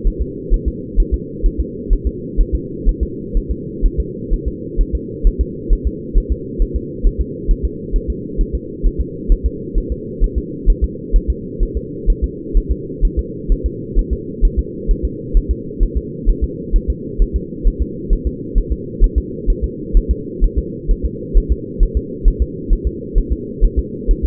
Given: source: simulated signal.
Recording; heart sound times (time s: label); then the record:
fetal heart sounds
0.07 s: S1
0.22 s: S2
0.54 s: S1
0.68 s: S2
1.00 s: S1
1.14 s: S2
1.46 s: S1
1.60 s: S2
1.93 s: S1
2.07 s: S2
2.41 s: S1
2.55 s: S2
2.89 s: S1
3.03 s: S2
3.37 s: S1
3.51 s: S2
3.86 s: S1
4.00 s: S2
4.34 s: S1
4.48 s: S2
4.81 s: S1
4.95 s: S2
5.27 s: S1
5.41 s: S2
5.73 s: S1
5.87 s: S2
6.18 s: S1
6.32 s: S2
6.62 s: S1
6.76 s: S2
7.07 s: S1
7.21 s: S2
7.51 s: S1
7.65 s: S2
7.96 s: S1
8.10 s: S2
8.41 s: S1
8.55 s: S2
8.86 s: S1
9.01 s: S2
9.32 s: S1
9.46 s: S2
9.78 s: S1
9.92 s: S2
10.24 s: S1
10.38 s: S2
10.70 s: S1
10.84 s: S2
11.16 s: S1
11.30 s: S2
11.63 s: S1
11.77 s: S2
12.10 s: S1
12.24 s: S2
12.57 s: S1
12.72 s: S2
13.05 s: S1
13.19 s: S2
13.52 s: S1
13.66 s: S2
13.99 s: S1
14.13 s: S2
14.45 s: S1
14.59 s: S2
14.91 s: S1
15.05 s: S2
15.37 s: S1
15.51 s: S2
15.83 s: S1
15.97 s: S2
16.29 s: S1
16.44 s: S2
16.76 s: S1
16.90 s: S2
17.22 s: S1
17.36 s: S2
17.67 s: S1
17.82 s: S2
18.13 s: S1
18.27 s: S2
18.58 s: S1
18.72 s: S2
19.04 s: S1
19.18 s: S2
19.50 s: S1
19.64 s: S2
19.97 s: S1
20.11 s: S2
20.44 s: S1
20.58 s: S2
20.91 s: S1
21.05 s: S2
21.38 s: S1
21.52 s: S2
21.83 s: S1
21.97 s: S2
22.28 s: S1
22.42 s: S2
22.73 s: S1
22.87 s: S2
23.18 s: S1
23.32 s: S2
23.65 s: S1
23.79 s: S2
24.11 s: S1
24.25 s: S2
From the record:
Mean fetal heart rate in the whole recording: 130 bpm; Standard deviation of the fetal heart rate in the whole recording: 4 bpm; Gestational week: 38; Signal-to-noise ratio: -4.1 dB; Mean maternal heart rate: no maternal heart sound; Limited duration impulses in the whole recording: absent